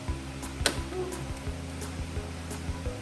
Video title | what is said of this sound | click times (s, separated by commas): Sound proofing of the rear of the 1987 Porsche 924S | Snap right in. | 0.7 s